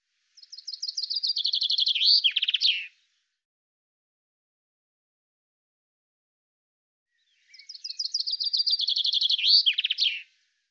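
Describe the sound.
Common chaffinch singing two full phrases a few seconds apart, each a rapid descending run of crisp notes that ends in a short twisting flourish.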